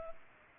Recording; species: mosquito wingbeat signal from an infrared sensor; Culex pipiens